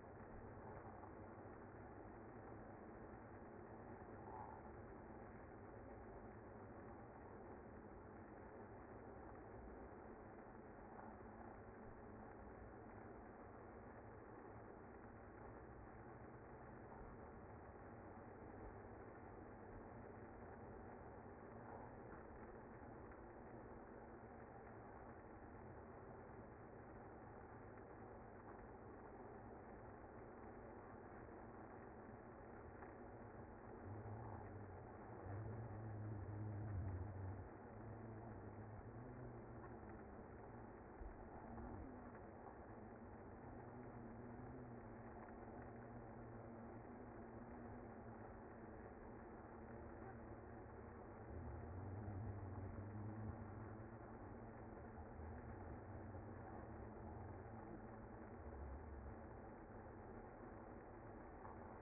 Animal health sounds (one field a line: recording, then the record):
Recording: honeybee colony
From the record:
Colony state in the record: active